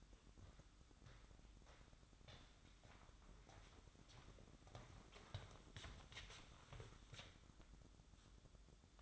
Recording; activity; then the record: daily activity, microphone in the room; walk to room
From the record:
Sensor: 3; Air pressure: 1008.2 hPa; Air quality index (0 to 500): 132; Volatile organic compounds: 2 ppm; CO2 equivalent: 1091 ppm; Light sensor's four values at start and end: 11/25/10/10 and 11/25/10/10